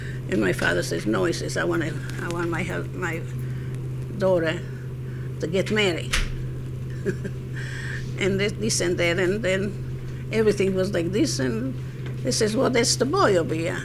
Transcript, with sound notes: And my father says, "No," he says, "I want, I want my daughter to get married." (she laughs) And this and that, and then everything was like this, and he says, "Well, that's the boy over here."